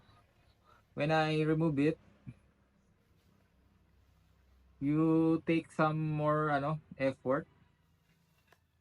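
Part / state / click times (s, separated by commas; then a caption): magnetic power bank onto phone case back / seated / 8.5 s. Someone talks while a magnetic power bank is placed on the back of a phone in a clear case. It snaps onto the case with a short, sharp click at 8.5 s and is seated.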